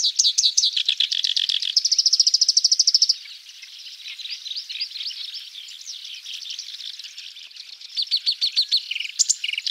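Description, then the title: Oriental Reed Warbler song: harsh chattering and a fast buzzy rattle at the start, fading to softer, muddled notes, then loud chatter resumes near the end. Melodious, vigorous singing used as training audio to teach other birds. "Masteran Suara Merdu Burung Kerak Basi Besar Gacor"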